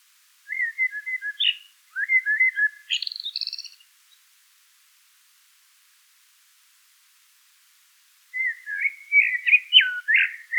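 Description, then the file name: Eurasian blackbird singing warbling whistled phrases, the second closing with higher, chattering notes, then several seconds of silence before another phrase. "Turdus merula"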